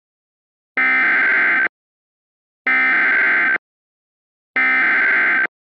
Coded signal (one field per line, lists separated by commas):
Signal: Emergency Alert System (SAME) tones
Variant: header bursts